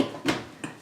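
The second plastic wheel piece of a rolling storage crate is angled in, pushed forward and snapped into the bottom of the crate. Two short clicks are heard at 0.3 s and 0.6 s, and the piece is seated in place.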